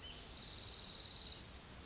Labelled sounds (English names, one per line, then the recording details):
Spotted Towhee
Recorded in Sonoma County, California